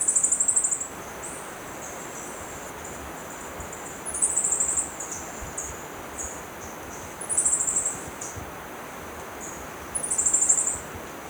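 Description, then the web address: Olive finch sings very high, thin, sibilant phrases, each a quick slightly falling series, repeated every three to four seconds over a steady rushing background hiss. Recorded in Ecuador, South America. "Natures Songs S America Birds of Ecuador. Olive Finch"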